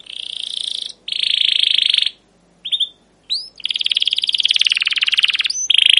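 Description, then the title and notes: Canary song of buzzy, sustained high trills broken by brief pauses and a few sharp upswept notes. Captive canary singing a long 'cuit cuit ngerol' chirping song, used as a lure and master song for young canaries learning to sing. "CUIT CUIT NGEROL GACOR PANJANG Kenari Pancingan KENAR. PANCINGAN Kenari GACOR PANJANG Cuit CUIT EMOSI MASTERAN Kenari PAUD belajar BUNYI. burung kenari"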